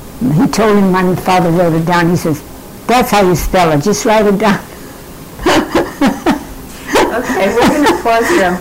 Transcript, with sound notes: And he told him, and my father wrote it down, he says, "That's how you spell it. Just write it down." (laughing)
Ok, well we're gonna pause here.